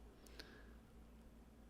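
A plastic movement holder that had popped out slightly is pushed back by finger into the case of a custom Submariner homage watch, laser engraved "DNA 1 OF 1" edition. A faint tick at 0.3 s is followed by a sharper, brighter click at 0.4 s, then a quiet steady hiss. The holder seats at 0.4 s with no problem.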